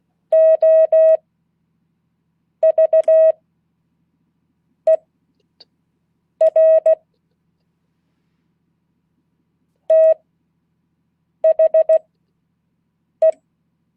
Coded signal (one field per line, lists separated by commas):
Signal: Morse code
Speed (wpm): 16 wpm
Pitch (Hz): 640 Hz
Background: none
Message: OVER THE